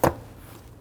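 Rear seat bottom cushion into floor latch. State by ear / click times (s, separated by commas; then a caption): not seated / none. A rear seat bottom cushion on a 2008-2013 Infiniti G37x is handled as it is pushed down toward its floor latch. A single short, sharp knock at about 0.1 s is followed by quiet low background. Nothing has seated or clicked into the latch yet.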